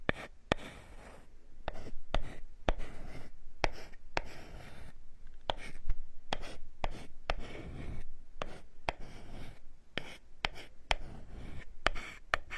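Wooden tools rub and scratch in slow strokes over a scalp, broken by sharp, irregular taps and clicks roughly every half second.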